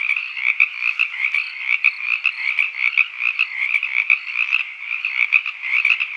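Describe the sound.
Many frogs croaking together, a busy pulsing chorus with quick rhythmic beats and a few higher notes on top.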